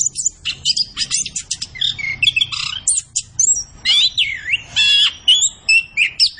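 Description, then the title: Orange-headed thrush pours out a fast, varied song: bright chirps, then looping whistled notes that swoop up and down. Kept songbird singing gacor (in full, vigorous song), used as masteran to train other birds in Indonesian songbird keeping (kicau mania). "Anis Kembang Gacor. Kicau Mania Masteran Anis Kembang"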